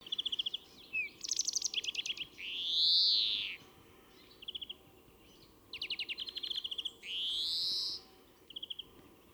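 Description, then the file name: European greenfinch alternating rattling trills with two long, wheezy, arched buzzes, the trills fast and dry, each wheeze lasting about a second. "Chloris chloris"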